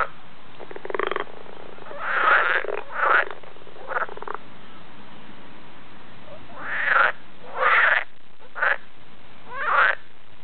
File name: kecskebéka